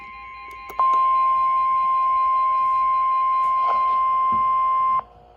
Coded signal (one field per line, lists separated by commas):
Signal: Emergency Alert System (SAME) tones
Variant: 1050 Hz attention tone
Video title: Severe Thunderstorm Warning (EAS #399)